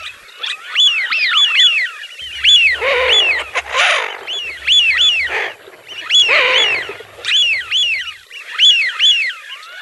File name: FISCHIONE